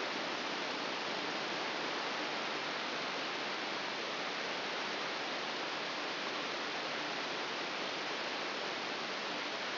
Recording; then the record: brain microelectrode recording played as sound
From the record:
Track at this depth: outside the subthalamic nucleus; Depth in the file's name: 6.898 mm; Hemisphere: left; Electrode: 3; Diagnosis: Parkinson's disease